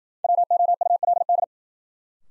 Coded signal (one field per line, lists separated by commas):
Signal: Morse code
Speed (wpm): 53 wpm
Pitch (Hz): 700 Hz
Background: none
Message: WOULD